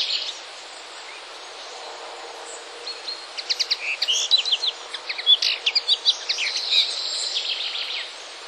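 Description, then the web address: Common linnet song: rapid staccato chirps building into a lively twittering phrase with mixed whistles and short trills, ending abruptly. "wroblowe kolekcja makolagwa"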